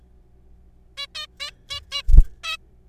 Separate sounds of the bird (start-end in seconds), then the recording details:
0.97-1.07, 1.15-1.26, 1.40-1.50, 1.70-1.80, 1.92-2.02, 2.44-2.56. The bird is a juvenile. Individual R3428